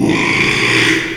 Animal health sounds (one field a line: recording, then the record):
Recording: squeal of a Yucatan mini pig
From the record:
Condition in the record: after surgery on the right vocal fold (resection and tissue-engineered implant)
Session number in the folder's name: 1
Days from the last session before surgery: 6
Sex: male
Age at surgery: 12 weeks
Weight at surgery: 13 kg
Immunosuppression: cyclosporine, prednisolone